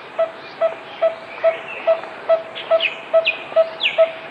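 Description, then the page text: Coppersmith barbet giving a steady run of ten hollow, low tonk notes at an even pace of roughly two per second, while other small birds add brief falling chirps. "Coppersmith Barbet Song. Quick Sounds"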